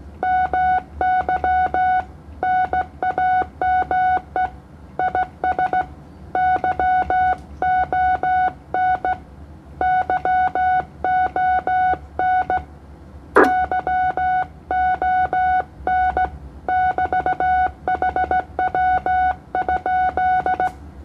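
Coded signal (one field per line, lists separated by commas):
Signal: Morse code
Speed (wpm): 15 wpm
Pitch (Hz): 740 Hz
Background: none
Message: MY NAME IS YON YON YON <BT>HW?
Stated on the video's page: CW DX contact on the 15m band (21 MHz) between Indonesia and the Philippines at 20 watts.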